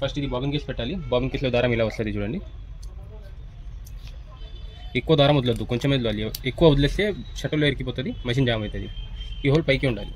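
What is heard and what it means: Someone holds the metal bobbin case for the shuttle/hook of a Jack 96 T20 sewing machine and shows how the thread comes out of it, before inserting it into the machine. Someone talks, with light handling ticks at about 2.8, 3.9 and 4.1 seconds in a pause between the talking. Nothing has seated or clicked yet.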